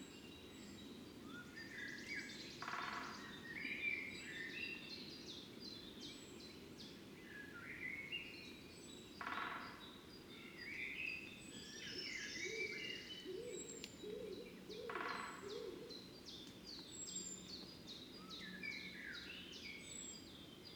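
Morning outside a fox den, with birds calling and singing throughout. Bright chirps and short trills come in overlapping bursts over a steady low rumble, with brief rushing noises near 3, 9 and 15 seconds and a quick run of lower notes around 13 seconds.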